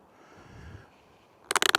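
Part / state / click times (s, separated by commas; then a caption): buckle on inline skate boot cuff / seated / 1.5 s, 1.6 s, 1.7 s, 1.8 s. A ratchet buckle on the cuff of an inline skate boot is closed after about a second and a half of quiet low rumble. A quick series of sharp clicks follows at 1.5, 1.6, 1.7 and 1.8 seconds as the buckle ratchets and locks tightly shut.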